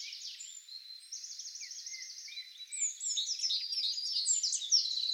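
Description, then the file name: Eurasian wren song, a steady high trill followed by a louder jumble of sharp notes and rattles, with light background hiss. "Troglodytes troglodytes"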